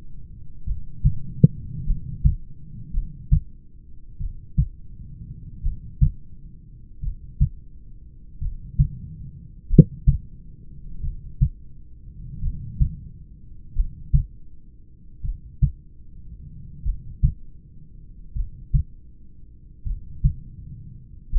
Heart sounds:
heart sounds by stethoscope; 44 bpm
0.70 s: heartbeat
1.90 s: heartbeat
2.96 s: heartbeat
4.23 s: heartbeat
5.67 s: heartbeat
7.06 s: heartbeat
8.44 s: heartbeat
9.73 s: heartbeat
11.06 s: heartbeat
12.46 s: heartbeat
13.79 s: heartbeat
15.27 s: heartbeat
16.88 s: heartbeat
18.38 s: heartbeat
19.89 s: heartbeat
21.35 s: heartbeat
From the record:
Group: heart failure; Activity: rest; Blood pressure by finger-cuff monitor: 144/65 mmHg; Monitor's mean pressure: 88 mmHg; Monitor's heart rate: 43 bpm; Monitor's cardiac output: 6.2 L/min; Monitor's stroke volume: 134 mL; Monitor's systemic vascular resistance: 1020 dyn s/cm5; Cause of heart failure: familial cardiomyopathy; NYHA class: 1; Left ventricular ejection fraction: 49%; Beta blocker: bisoprolol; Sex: male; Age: 31 years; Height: 194 cm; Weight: 96 kg

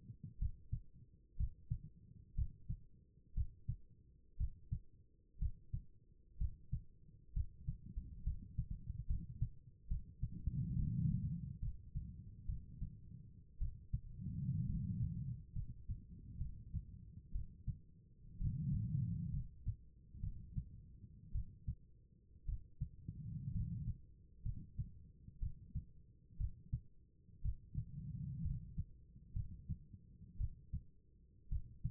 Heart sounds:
heart sounds by stethoscope; 62 bpm
0.38 s: heartbeat
1.36 s: heartbeat
2.34 s: heartbeat
3.34 s: heartbeat
4.37 s: heartbeat
5.38 s: heartbeat
6.37 s: heartbeat
7.33 s: heartbeat
8.23 s: heartbeat
9.06 s: heartbeat
9.87 s: heartbeat
10.76 s: heartbeat
11.59 s: heartbeat
12.46 s: heartbeat
13.58 s: heartbeat
14.66 s: heartbeat
15.53 s: heartbeat
16.38 s: heartbeat
17.32 s: heartbeat
18.38 s: heartbeat
19.30 s: heartbeat
20.20 s: heartbeat
21.32 s: heartbeat
22.45 s: heartbeat
23.52 s: heartbeat
24.42 s: heartbeat
25.39 s: heartbeat
26.37 s: heartbeat
27.42 s: heartbeat
28.42 s: heartbeat
29.33 s: heartbeat
30.37 s: heartbeat
31.49 s: heartbeat
From the record:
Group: healthy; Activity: rest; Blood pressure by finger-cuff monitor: 103/63 mmHg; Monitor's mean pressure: 75 mmHg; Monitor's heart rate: 61 bpm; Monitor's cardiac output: 4.8 L/min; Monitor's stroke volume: 78 mL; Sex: female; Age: 36 years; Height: 163 cm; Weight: 88 kg

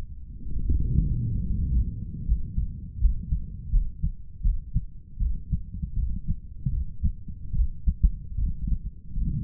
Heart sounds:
heart sounds by stethoscope; 77 bpm
0.55 s: heartbeat
1.46 s: heartbeat
2.27 s: heartbeat
3.01 s: heartbeat
3.72 s: heartbeat
4.44 s: heartbeat
5.20 s: heartbeat
5.97 s: heartbeat
6.73 s: heartbeat
7.56 s: heartbeat
8.39 s: heartbeat
9.17 s: heartbeat
From the record:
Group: healthy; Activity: rest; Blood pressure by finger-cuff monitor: 149/100 mmHg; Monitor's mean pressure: 109 mmHg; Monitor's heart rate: 76 bpm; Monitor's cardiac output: 7.8 L/min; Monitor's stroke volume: 100 mL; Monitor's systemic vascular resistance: 1120 dyn s/cm5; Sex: male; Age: 30 years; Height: 188 cm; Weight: 110.2 kg

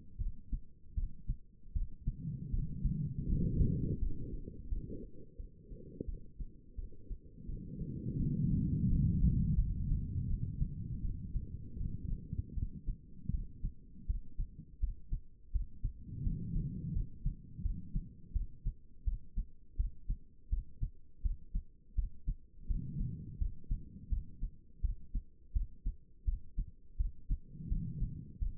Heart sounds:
heart sounds by stethoscope; 83 bpm
0.18 s: heartbeat
0.95 s: heartbeat
1.73 s: heartbeat
2.51 s: heartbeat
3.27 s: heartbeat
3.99 s: heartbeat
4.69 s: heartbeat
5.37 s: heartbeat
6.06 s: heartbeat
6.76 s: heartbeat
7.47 s: heartbeat
8.17 s: heartbeat
8.88 s: heartbeat
9.56 s: heartbeat
10.27 s: heartbeat
11.02 s: heartbeat
11.78 s: heartbeat
12.55 s: heartbeat
13.31 s: heartbeat
14.07 s: heartbeat
14.80 s: heartbeat
15.52 s: heartbeat
16.23 s: heartbeat
16.93 s: heartbeat
17.62 s: heartbeat
18.33 s: heartbeat
19.05 s: heartbeat
19.77 s: heartbeat
20.50 s: heartbeat
21.22 s: heartbeat
21.95 s: heartbeat
22.67 s: heartbeat
23.38 s: heartbeat
24.09 s: heartbeat
24.81 s: heartbeat
25.53 s: heartbeat
26.25 s: heartbeat
26.97 s: heartbeat
27.69 s: heartbeat
28.39 s: heartbeat
From the record:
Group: healthy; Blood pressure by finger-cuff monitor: 109/74 mmHg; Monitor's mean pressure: 88 mmHg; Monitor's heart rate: 83 bpm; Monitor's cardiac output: 5 L/min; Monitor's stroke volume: 60 mL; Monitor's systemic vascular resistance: 1290 dyn s/cm5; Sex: female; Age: 51 years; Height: 162 cm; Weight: 70.04 kg

